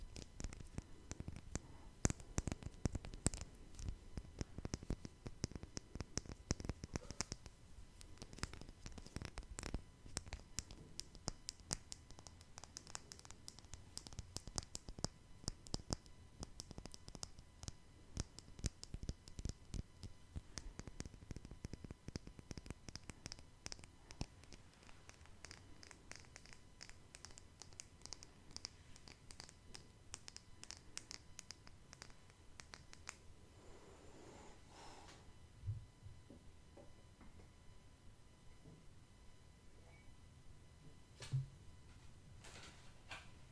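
Dense, irregular tapping fills the first half, quick clicks and knocks scattered across low and bright tones with no voices. After about 25 seconds the taps thin out and grow softer, with a few isolated louder knocks near 35 and 41 seconds.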